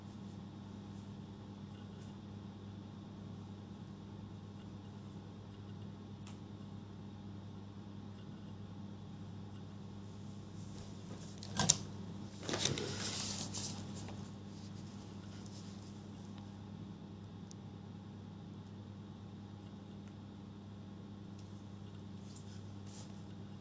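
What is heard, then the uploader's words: A steady low hum continues, broken around twelve seconds by a short burst of rustling paper, then quiet resumes. Going through my notes and re-writing stuff.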